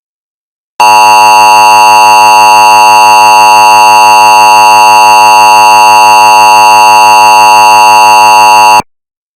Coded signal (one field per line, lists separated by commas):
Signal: Emergency Alert System (SAME) tones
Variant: 853 and 960 Hz attention tone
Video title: (VERY LOUD) [EAS Mini Mock] "DASDEC craps itself" (05/02/22)